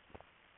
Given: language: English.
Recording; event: throat vibration sensor signal played as sound; swallow